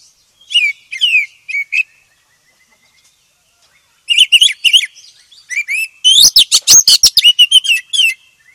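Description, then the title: Oriental magpie-robin song: slurred whistles at first, then a varied run of whistled phrases leading into a loud, rapid chattering burst. Black form (kacer hitam). "KACER HITAM"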